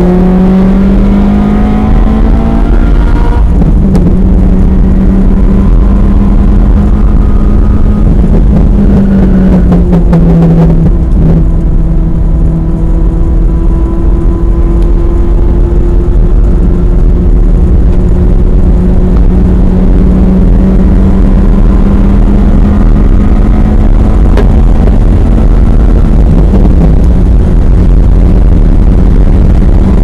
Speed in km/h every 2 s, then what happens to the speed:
118, 129, 140, 145, 116, 114, 116, 122, 126, 130, 138, 147, 155, 156, 164.
0-6 speeds up to 145. 6-8 brakes to 116. 12-30 speeds up to 164.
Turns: 7-18.